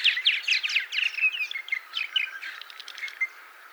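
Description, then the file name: Purple martin's short burst of harsh, gurgled chirps, loudest at first and fading into a few softer squeaky notes. "purple martin by paul marvin"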